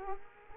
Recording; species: mosquito wingbeat signal from an infrared sensor; Culex quinquefasciatus